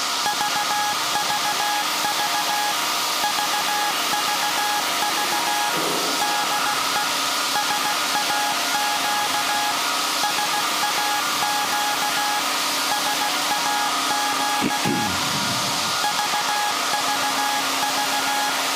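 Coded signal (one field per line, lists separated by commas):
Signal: Morse code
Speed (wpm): 16 wpm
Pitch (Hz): 830 Hz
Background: none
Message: VVV VVV DE SAQ SAQ SAQ VVV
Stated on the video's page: Live CW transmission from SAQ Grimeton's 1924 Alexanderson alternator for UN Day.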